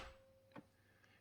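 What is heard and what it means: The plastic upper lid of a Nespresso VertuoLine coffee maker by Breville is pushed down over the inserted capsule. It snaps shut with a short, sharp click at 0.6 s, closing the capsule chamber lid into the machine body.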